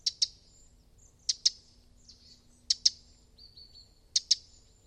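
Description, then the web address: Bird giving paired shrill chirps roughly every second and a half, plus a brief thin whistle between pairs over a soft low hum. "Deverinetal 2025 File origin Bird Only"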